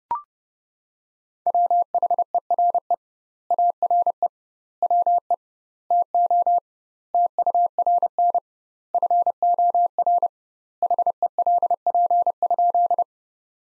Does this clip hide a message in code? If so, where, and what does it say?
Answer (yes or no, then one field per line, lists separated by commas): yes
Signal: Morse code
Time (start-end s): 1.5-13.0 s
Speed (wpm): 30 wpm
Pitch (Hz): 700 Hz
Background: none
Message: WHERE ARE WE TO TURN FOR HELP?